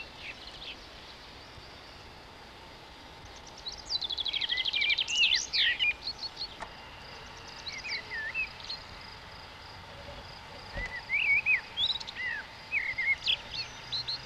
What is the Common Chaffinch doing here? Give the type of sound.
song